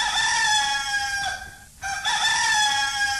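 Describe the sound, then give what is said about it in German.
A rooster crows loudly in two long, harmonic calls, the first rising then sliding down, a brief gap, then a second strained crow trailing off. “Das war der erste Hahnenschrei.”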